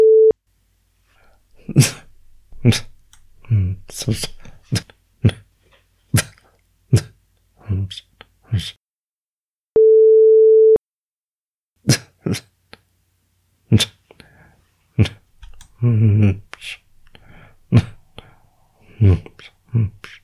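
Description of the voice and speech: Adult man with Tourette syndrome: a series of vocal tics, including little grunts, hums, lip smacks, tongue movements and other mouth noises, with sections separated by sine wave tones.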